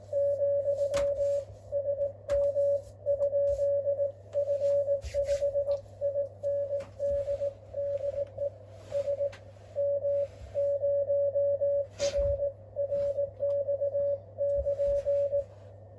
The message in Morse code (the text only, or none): , SM ? F5IND DE SM0RRX <KN>